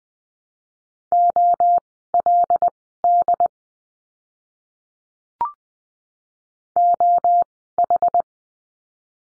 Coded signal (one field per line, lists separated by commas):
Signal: Morse code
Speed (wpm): 20 wpm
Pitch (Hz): 700 Hz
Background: none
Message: OLD OH